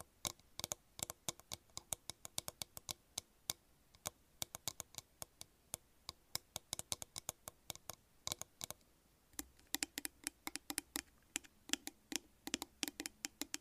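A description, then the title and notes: Random tapping in quick, uneven bursts of sharp, bright clicks, thickening after nine seconds with a low hum underneath. Soothing Repetitive Random Tapping.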